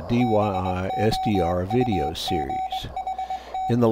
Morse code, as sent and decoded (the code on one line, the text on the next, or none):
-... --- ..- --. .... -
BOUGHT